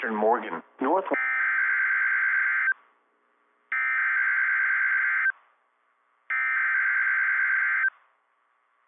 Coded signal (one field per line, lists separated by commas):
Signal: Emergency Alert System (SAME) tones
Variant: header bursts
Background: speech